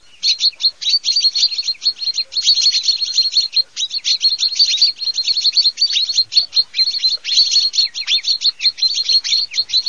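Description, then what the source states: Chaffinches twittering: a dense, continuous stream of high chirps and short trills from several birds calling at once. Several chaffinches, at haystacks.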